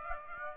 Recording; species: mosquito wingbeat signal from an infrared sensor; Aedes aegypti